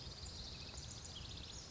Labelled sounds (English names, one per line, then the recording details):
Pacific Wren
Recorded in Sonoma County, California